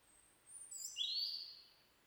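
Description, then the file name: European robin singing one thin, high, drawn-out phrase that slides down and swells briefly before fading. "Erithacus rubecula"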